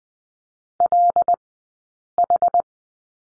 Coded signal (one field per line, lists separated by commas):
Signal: Morse code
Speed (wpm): 20 wpm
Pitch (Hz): 700 Hz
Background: none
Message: LH